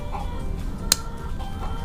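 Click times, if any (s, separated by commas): 0.9 s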